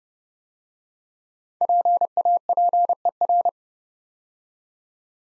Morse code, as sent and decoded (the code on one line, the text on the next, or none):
.--. .- .--. . .-.
PAPER